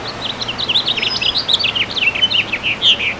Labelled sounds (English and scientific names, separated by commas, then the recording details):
House Finch (Haemorhous mexicanus) song
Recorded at Bridgehampton on Long Island, New York, on 22 June 2013
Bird G